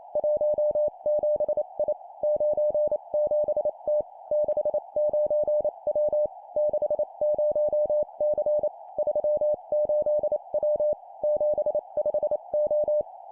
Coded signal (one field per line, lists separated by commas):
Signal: Morse code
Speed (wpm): 28 wpm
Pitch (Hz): 600 Hz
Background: none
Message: 17I 97T 69W 60C 38W 75O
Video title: 25wpm Three letter words number,number,letter, improve cw morse code copy speed